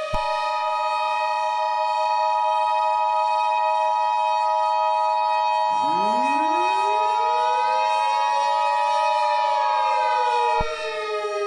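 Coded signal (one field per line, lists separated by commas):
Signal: Emergency Alert System (SAME) tones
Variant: 853 and 960 Hz attention tone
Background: music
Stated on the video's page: Fictional EAS scenario.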